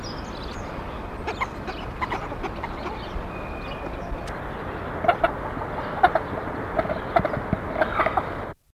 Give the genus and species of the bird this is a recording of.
Anas sibilatrix